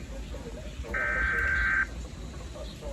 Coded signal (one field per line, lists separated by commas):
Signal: Emergency Alert System (SAME) tones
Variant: header bursts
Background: speech